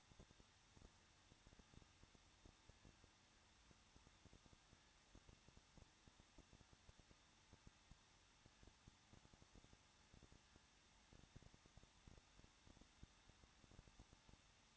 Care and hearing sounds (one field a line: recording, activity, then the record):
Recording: daily activity, microphone in the room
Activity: no activity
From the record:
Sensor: 3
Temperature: 21.2 degrees Celsius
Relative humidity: 36.3%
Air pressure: 1006.4 hPa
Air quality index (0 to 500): 221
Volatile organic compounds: 40 ppm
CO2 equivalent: 3146 ppm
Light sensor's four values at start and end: 2/3/2/2 and 2/3/2/2